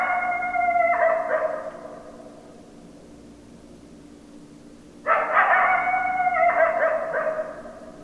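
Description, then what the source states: Coyote howls: a steady harmonic howl that breaks and wavers, fades out, then a second howl starts after a pause of about three seconds. Recorded 10 December 2012; coyotes, plural.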